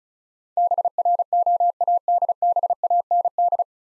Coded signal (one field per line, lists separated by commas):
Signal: Morse code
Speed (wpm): 36 wpm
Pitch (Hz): 700 Hz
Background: none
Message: BROADBAND